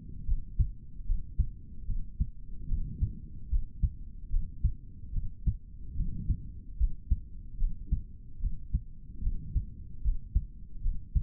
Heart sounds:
heart sounds by stethoscope; 74 bpm
0.25 s: heartbeat
1.05 s: heartbeat
1.85 s: heartbeat
2.67 s: heartbeat
3.49 s: heartbeat
4.30 s: heartbeat
5.12 s: heartbeat
5.95 s: heartbeat
6.77 s: heartbeat
7.57 s: heartbeat
8.39 s: heartbeat
9.21 s: heartbeat
10.02 s: heartbeat
10.81 s: heartbeat
From the record:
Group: healthy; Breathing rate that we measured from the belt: 18 breaths a minute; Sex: male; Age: 55 years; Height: 167 cm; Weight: 57.2 kg

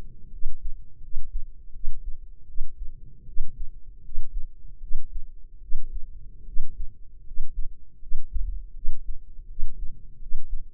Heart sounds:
heart sounds by microphone in the left ear; 79 bpm
0.28 s: heartbeat
0.98 s: heartbeat
1.70 s: heartbeat
2.44 s: heartbeat
3.23 s: heartbeat
3.99 s: heartbeat
4.77 s: heartbeat
5.57 s: heartbeat
6.42 s: heartbeat
7.21 s: heartbeat
7.97 s: heartbeat
8.71 s: heartbeat
9.45 s: heartbeat
10.16 s: heartbeat
From the record:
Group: healthy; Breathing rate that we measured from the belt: 18 breaths a minute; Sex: female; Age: 23 years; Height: 160 cm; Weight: 50.4 kg

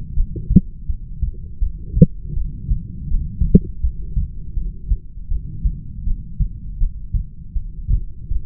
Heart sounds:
heart sounds by stethoscope; 81 bpm
0.16 s: heartbeat
0.88 s: heartbeat
1.61 s: heartbeat
2.35 s: heartbeat
3.10 s: heartbeat
3.82 s: heartbeat
4.56 s: heartbeat
5.29 s: heartbeat
6.06 s: heartbeat
6.80 s: heartbeat
7.55 s: heartbeat
8.29 s: heartbeat
From the record:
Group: heart failure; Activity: rest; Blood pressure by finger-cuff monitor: 82/52 mmHg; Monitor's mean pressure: 64 mmHg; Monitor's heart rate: 81 bpm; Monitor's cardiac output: 8 L/min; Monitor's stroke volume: 98 mL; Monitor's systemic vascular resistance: 570 dyn s/cm5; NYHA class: 1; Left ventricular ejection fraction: 39%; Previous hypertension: present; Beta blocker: carvedilol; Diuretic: furosemide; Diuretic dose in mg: 20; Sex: male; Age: 60 years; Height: 178 cm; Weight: 62 kg

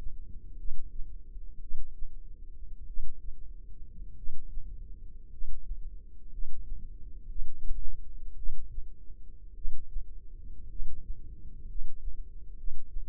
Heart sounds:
heart sounds by microphone in the left ear; 55 bpm
0.56 s: heartbeat
1.59 s: heartbeat
2.85 s: heartbeat
4.14 s: heartbeat
5.28 s: heartbeat
6.29 s: heartbeat
7.27 s: heartbeat
8.34 s: heartbeat
9.53 s: heartbeat
10.67 s: heartbeat
11.65 s: heartbeat
12.54 s: heartbeat
From the record:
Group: healthy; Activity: rest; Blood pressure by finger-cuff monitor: 115/56 mmHg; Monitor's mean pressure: 75 mmHg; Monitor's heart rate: 56 bpm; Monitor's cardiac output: 5.7 L/min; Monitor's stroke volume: 101 mL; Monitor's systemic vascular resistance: 960 dyn s/cm5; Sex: male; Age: 25 years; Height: 170 cm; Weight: 70.4 kg

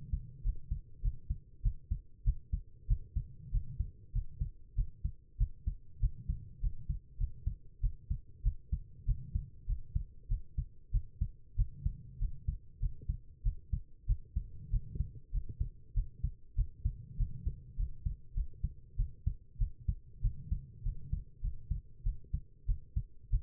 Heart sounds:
heart sounds by stethoscope; 97 bpm
0.43 s: heartbeat
1.02 s: heartbeat
1.62 s: heartbeat
2.24 s: heartbeat
2.87 s: heartbeat
3.51 s: heartbeat
4.12 s: heartbeat
4.75 s: heartbeat
5.37 s: heartbeat
6.00 s: heartbeat
6.60 s: heartbeat
7.17 s: heartbeat
7.80 s: heartbeat
8.42 s: heartbeat
9.05 s: heartbeat
9.66 s: heartbeat
10.28 s: heartbeat
10.91 s: heartbeat
11.56 s: heartbeat
12.19 s: heartbeat
12.79 s: heartbeat
13.43 s: heartbeat
14.06 s: heartbeat
14.70 s: heartbeat
15.31 s: heartbeat
15.94 s: heartbeat
16.55 s: heartbeat
17.17 s: heartbeat
17.76 s: heartbeat
18.34 s: heartbeat
18.96 s: heartbeat
19.58 s: heartbeat
20.21 s: heartbeat
20.83 s: heartbeat
21.41 s: heartbeat
22.03 s: heartbeat
22.66 s: heartbeat
23.30 s: heartbeat
From the record:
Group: healthy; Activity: rest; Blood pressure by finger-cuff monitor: 110/75 mmHg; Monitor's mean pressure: 86 mmHg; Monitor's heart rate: 97 bpm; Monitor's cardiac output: 7.8 L/min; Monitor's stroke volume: 80 mL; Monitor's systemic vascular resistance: 800 dyn s/cm5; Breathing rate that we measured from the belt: 20 breaths a minute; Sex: female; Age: 19 years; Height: 163 cm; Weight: 51 kg

